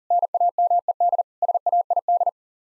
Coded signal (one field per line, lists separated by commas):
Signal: Morse code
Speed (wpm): 37 wpm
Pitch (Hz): 700 Hz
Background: none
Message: NAMED SAID